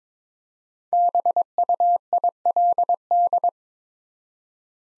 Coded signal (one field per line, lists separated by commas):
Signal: Morse code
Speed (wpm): 22 wpm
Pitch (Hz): 700 Hz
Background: none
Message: BUILD